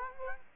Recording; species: mosquito wingbeat signal from an infrared sensor; Culex quinquefasciatus